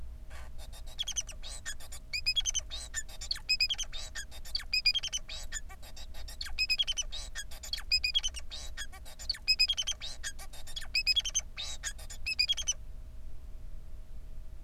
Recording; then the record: song of a male Bengalese finch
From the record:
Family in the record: son of father 4